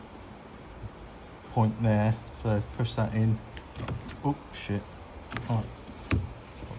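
An internal part of a Milwaukee circular saw is pushed into its mounting point in the housing during reassembly, after it had not been mounted correctly. Someone talks throughout, and a single sharp click at 6.1 s marks the part seating back in place.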